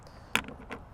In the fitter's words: And what you're hearing click is the the little detent buttons here that you press to remove it.